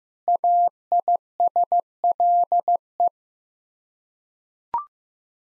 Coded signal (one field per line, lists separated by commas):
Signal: Morse code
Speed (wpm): 15 wpm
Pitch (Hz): 700 Hz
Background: none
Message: AISLE